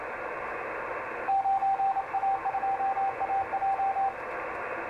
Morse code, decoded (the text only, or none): 9A2AJ